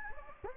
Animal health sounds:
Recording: mosquito wingbeat signal from an infrared sensor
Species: Anopheles gambiae

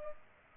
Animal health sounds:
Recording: mosquito wingbeat signal from an infrared sensor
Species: Culex pipiens

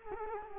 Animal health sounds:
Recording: mosquito wingbeat signal from an infrared sensor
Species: Culex quinquefasciatus

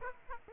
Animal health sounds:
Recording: mosquito wingbeat signal from an infrared sensor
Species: Aedes aegypti

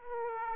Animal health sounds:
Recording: mosquito wingbeat signal from an infrared sensor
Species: Aedes aegypti

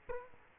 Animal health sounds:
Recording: mosquito wingbeat signal from an infrared sensor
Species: Culex quinquefasciatus

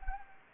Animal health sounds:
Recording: mosquito wingbeat signal from an infrared sensor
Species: Anopheles gambiae

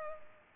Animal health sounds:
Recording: mosquito wingbeat signal from an infrared sensor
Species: Culex pipiens

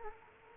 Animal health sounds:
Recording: mosquito wingbeat signal from an infrared sensor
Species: Culex quinquefasciatus

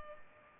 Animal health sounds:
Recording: mosquito wingbeat signal from an infrared sensor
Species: Culex pipiens

